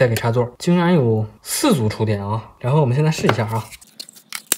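Someone talks while a mains plug is pushed with effort into the opened socket of a 149-yuan waterproof, shock-proof power strip that has four sets of spring contacts. Small clicks and scrapes follow at about 4.0, 4.1 and 4.3 seconds. A sharp hit at 4.5 seconds marks the plug seating fully at the bottom of the socket contacts, which are hard to push past because they close one after another.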